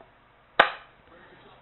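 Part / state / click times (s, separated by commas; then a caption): phone case into belt holster / seated / 0.6 s. A phone case (Encased Rebel case for a Note 20 Ultra) is pushed into a plastic belt holster. It seats with one sharp snap at 0.6 s, followed by a brief decay into quiet. The case is held nice and tight.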